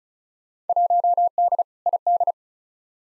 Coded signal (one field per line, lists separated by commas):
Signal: Morse code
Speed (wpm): 34 wpm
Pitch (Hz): 700 Hz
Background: none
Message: 1D ID